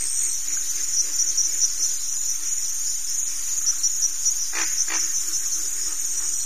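Crickets chirping in a steady, high, shimmering chorus, with soft pulsing lower notes and two brief sharp clicks near the end.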